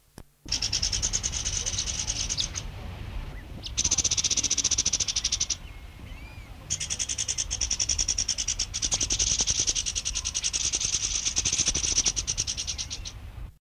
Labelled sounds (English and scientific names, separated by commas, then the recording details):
Grey-headed Parrotbill (Psittiparus gularis) call
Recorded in captivity
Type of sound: call
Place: Vogelpark Walsrode, Niedersachsen, DE
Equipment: Halbspur, 9,5 cm/s
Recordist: Lütgens, Hans
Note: Rufe